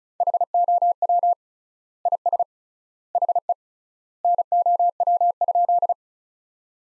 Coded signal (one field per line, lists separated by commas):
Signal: Morse code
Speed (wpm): 34 wpm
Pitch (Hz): 700 Hz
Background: none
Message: HOW IS HE NOW?